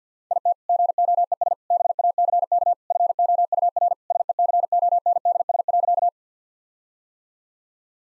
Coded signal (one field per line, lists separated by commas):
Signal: Morse code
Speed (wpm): 50 wpm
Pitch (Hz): 700 Hz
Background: none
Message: IT GOES BACK FOUR SECONDS.